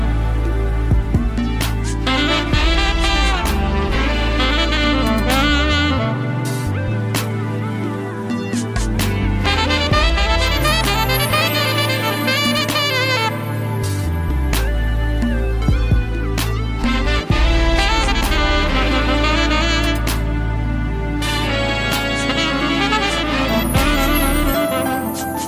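Smooth jazz plays at an even, steady level throughout, with a deep bass line that shifts between notes every few seconds beneath layered sustained chords and a bright melody. Crisp percussive hits punctuate the music, marking a loose, relaxed beat.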